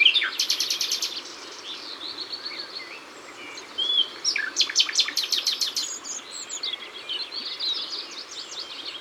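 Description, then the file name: Common nightingale song: a fast rattling series of sharp notes, a pause, then another loud repeated-note burst and softer twittering phrases. Ardèche. "Rossignol-Philomele-Concerts-Naturels-De-l Ardeche"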